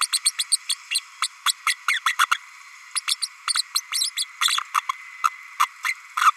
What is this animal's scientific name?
Forpus passerinus